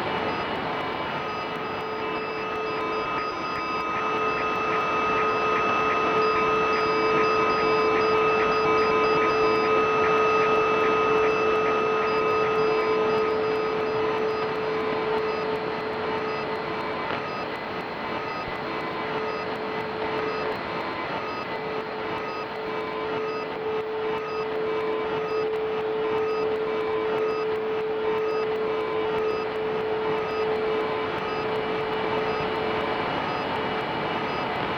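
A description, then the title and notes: Shortwave radio static hisses steadily throughout, with thin whining tones near 450 and 1200 that hold for long stretches, then fade. I recorded a SW radio sweep, following and listening in on how the eclipse was affecting short-wave radio propagation. Samples were selected from this sweep, and a Game of Life algorithm was used to sequence them, presenting the listener with a peculiar "walk" through the radio spectrum.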